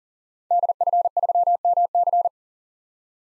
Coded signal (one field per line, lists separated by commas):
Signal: Morse code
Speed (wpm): 40 wpm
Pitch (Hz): 700 Hz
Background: none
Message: DF3MC